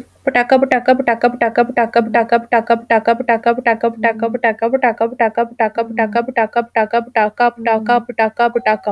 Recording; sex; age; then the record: repeated syllables /pa ta ka/; female; 20 to 29 years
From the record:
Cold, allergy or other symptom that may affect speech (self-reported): no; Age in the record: 27 years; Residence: North Carolina, United States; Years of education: 14